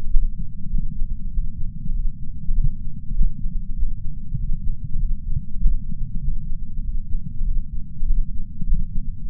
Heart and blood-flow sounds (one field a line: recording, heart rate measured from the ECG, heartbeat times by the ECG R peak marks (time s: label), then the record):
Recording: heart sounds by patch sensor on the chest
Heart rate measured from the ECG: 98 bpm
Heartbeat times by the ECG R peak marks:
0.09 s: heartbeat
0.69 s: heartbeat
1.30 s: heartbeat
1.92 s: heartbeat
2.53 s: heartbeat
3.13 s: heartbeat
3.74 s: heartbeat
4.36 s: heartbeat
4.98 s: heartbeat
5.58 s: heartbeat
6.19 s: heartbeat
6.81 s: heartbeat
7.43 s: heartbeat
8.05 s: heartbeat
8.65 s: heartbeat
9.25 s: heartbeat
From the record:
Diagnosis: coronary artery disease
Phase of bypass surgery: postoperative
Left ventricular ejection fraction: 64%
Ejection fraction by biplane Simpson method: 61.7%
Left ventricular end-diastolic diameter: 46 mm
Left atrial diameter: 31 mm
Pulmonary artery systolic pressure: 30 mmHg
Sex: male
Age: 43 years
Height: 177 cm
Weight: 75 kg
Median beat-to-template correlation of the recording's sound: 0.76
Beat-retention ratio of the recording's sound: 0.99